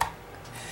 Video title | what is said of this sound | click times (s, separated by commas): Favorites of 2017 - Tools & New Finds - KWCardDesign | You can hear that little click here. | 0.0 s